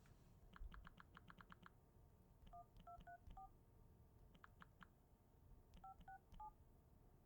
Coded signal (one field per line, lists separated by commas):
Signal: DTMF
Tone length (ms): 110 ms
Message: 1234 56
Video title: Phone Dialing Sound Effect in ((STEREO))